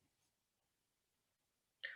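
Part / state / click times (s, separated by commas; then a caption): brake lock on a dosing syringe plunger / seated / 1.8 s. After the delivery volume is set to 0.04, the brake lock on the plunger of a plastic dosing syringe is re-engaged. A quiet stretch with only faint low rustle near the start ends in a single sharp click at 1.9 seconds as the brake locks back on.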